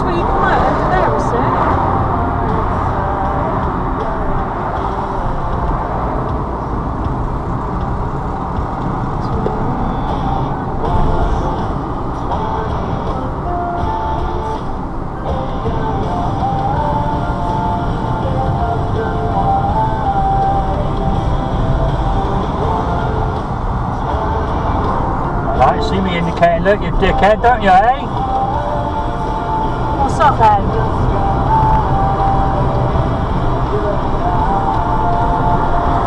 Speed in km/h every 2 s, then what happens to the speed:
40, 32, 27, 31, 32, 32, 31, 29, 27, 24, 24, 23, 23, 27, 32, 35, 35, 35.
0-4 slows to 27. 4-10 steady at about 31. 10-22 slows to 23. 24-29 speeds up to 35. 29-36 steady at about 35.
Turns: 7-19.